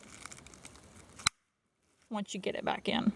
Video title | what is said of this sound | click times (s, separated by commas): Review - Dollar Tree Hummingbird Feeders | and you'll hear it click | 1.3 s